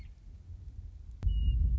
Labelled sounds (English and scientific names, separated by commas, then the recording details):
Western Meadowlark (Sturnella neglecta)
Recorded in Sonoma County, California